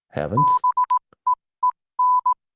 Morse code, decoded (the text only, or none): BEEN